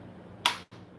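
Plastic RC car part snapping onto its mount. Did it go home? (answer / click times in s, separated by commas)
yes / 0.5 s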